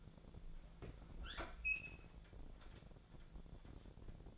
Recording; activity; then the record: daily activity, microphone in the room; open fridge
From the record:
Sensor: 5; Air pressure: 1000.2 hPa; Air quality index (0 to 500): 100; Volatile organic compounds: 1 ppm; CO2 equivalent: 814 ppm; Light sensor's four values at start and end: 238/564/241/264 and 240/571/244/268